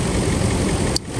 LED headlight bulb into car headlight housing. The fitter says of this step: you'll hear that audible click and we can go ahead and put the back the bulb back in in reverse order same thing with this one